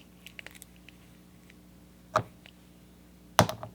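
A screw cap is tightened back onto a container of conductive moisturizer so it won't dry out and stop working properly. Light scattered taps and a soft knock at about 2.2 s lead up to a loud, sharp click at 3.4 s, followed by a few smaller clicks. The cap has seated and clicked shut.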